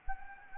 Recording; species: mosquito wingbeat signal from an infrared sensor; Anopheles gambiae